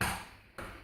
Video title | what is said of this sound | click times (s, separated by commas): Dyson Cinetic Big Ball Animal Plus Allergy Unboxing + Initial Review March 2015 | But it's as simple as that other click that you hear, and it's fine. | 0.0 s